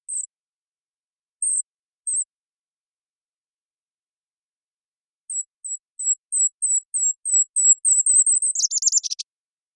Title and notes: Golden-crowned Kinglet. I happened to record this little fellow on the Olympic Peninsula where they are resident in June of 2021